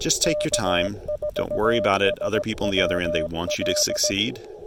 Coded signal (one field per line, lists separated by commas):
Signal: Morse code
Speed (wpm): 17 wpm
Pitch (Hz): 600 Hz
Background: speech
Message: K4SWL